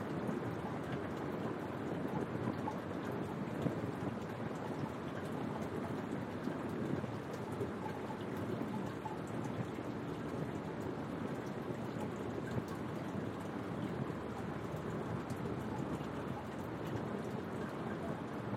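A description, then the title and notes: Rain falls steadily against a window, a dense, even patter of countless drops with no pauses over the whole stretch. The sound is full, weighted in the low and middle range, with a soft constant hiss above and no distinct events standing out. Rain On Your Window.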